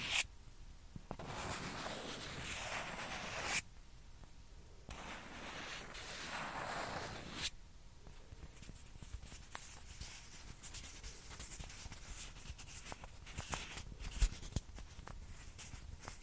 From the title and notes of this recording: ASMR TAPPING AND SCRATCHING WITH PING PONG BALL.